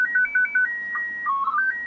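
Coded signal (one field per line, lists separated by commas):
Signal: SSTV (slow-scan television)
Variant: PD 120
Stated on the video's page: SSTV transmitted from the International Space Station, automatically captured on each pass and decoded from recorded audio files.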